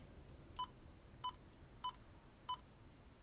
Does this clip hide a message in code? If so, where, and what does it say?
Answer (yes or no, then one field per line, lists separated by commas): no